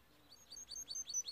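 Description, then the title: Timbrado canary singing a rapid series of high chirps, growing louder. Timbrado canary, song used as a training recording for canaries. "Canary Bird Singing - Timbrado training video"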